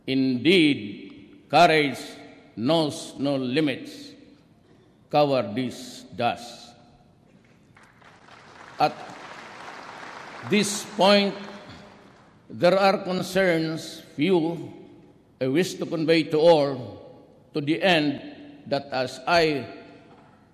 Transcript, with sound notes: Indeed, courage knows no limits, cowardice does. [applause]
At this point, there are concerns few I wish to convey to all to the end that as I